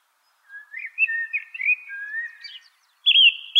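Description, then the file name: Song thrush with soft rising and falling warbled notes, a brief gap, then a loud wavering whistled phrase. "suara-kicauan-burung-song-thrush -omkicau"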